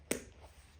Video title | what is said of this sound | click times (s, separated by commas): HOW TO INSTALL LSEAT ON PORSCHE BOXSTER 986/987 | boom some of them snap on real easy there | 0.1 s